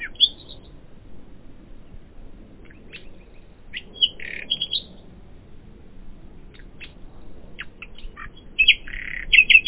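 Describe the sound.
Common nightingale song in scattered short phrases: a few thin notes separated by long pauses, then a livelier burst of notes near the end.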